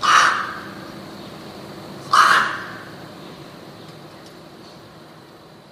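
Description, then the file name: Rook uttering two hoarse caws about two seconds apart, then quiet background. "gawron"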